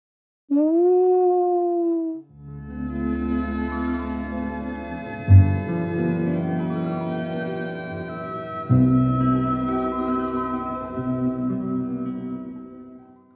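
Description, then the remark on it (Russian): A wolf cub's thin, rising howl at the moon at night holds for about two seconds, then gives way to a long, dense, wavering drone with sliding tones that swells up again twice. “А по ночам от одиночества волчонок выл на луну.”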